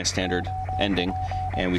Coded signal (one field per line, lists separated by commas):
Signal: Morse code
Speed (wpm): 22 wpm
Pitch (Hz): 750 Hz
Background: speech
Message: OP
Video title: Morse Code